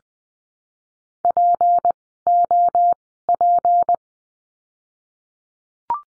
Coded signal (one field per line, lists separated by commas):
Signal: Morse code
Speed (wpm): 19 wpm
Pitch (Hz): 700 Hz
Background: none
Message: POP